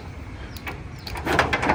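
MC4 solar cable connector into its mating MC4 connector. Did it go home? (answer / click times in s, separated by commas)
no / none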